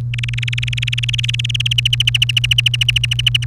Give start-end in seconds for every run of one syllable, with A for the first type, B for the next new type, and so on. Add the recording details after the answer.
0.14-1.73 A, 1.78-3.44 B. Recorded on 1 May 2018 at 11:30. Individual llb3